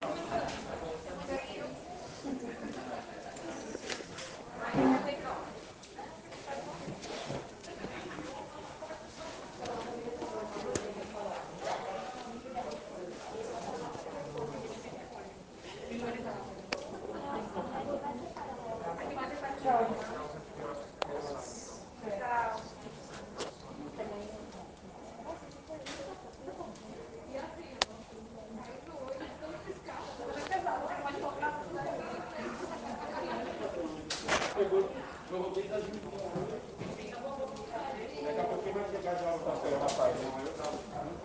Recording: hospital ward noise